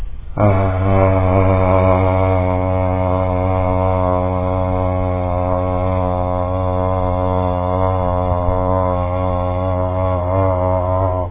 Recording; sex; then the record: sustained vowel /a/; male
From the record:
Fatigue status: no fatigue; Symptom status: symptomatic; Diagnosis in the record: COVID-19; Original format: 3gp